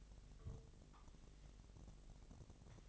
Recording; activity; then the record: daily activity, microphone in the room; take from stove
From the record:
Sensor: 4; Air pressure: 1000.1 hPa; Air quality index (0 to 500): 226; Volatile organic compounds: 28 ppm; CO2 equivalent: 2921 ppm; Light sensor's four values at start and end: 9/20/8/8 and 9/20/8/8